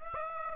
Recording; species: mosquito wingbeat signal from an infrared sensor; Aedes aegypti